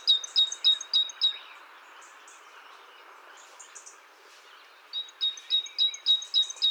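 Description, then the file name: Great tit giving a quick run of bright, clipped double notes, a quiet gap with faint scattered chirps, then the rapid series resuming near the end. "Parus major"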